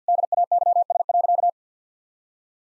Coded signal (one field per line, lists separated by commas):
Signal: Morse code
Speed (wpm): 50 wpm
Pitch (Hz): 700 Hz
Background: none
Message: DAYS.